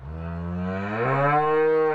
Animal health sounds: contact call of a hoofed animal; cattle; low-frequency (closed-mouth) or high-frequency (open-mouth) call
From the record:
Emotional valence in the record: negative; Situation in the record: full separation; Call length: 2.0 s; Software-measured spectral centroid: 1030 Hz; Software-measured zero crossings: 1140 a second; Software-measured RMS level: -23 dBFS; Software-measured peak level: -10 dBFS

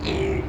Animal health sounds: contact call of a hoofed animal; pig; closed-mouth grunt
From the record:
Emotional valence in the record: negative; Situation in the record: short social isolation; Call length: 0.50 s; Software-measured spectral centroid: 1830 Hz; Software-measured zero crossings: 1330 a second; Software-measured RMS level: -24 dBFS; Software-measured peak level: -11 dBFS

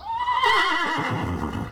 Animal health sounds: contact call of a hoofed animal; horse; whinny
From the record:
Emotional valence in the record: positive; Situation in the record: reunion with the whole group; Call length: 1.72 s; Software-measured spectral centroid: 2200 Hz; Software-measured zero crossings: 2210 a second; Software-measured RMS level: -24 dBFS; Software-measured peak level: -11 dBFS

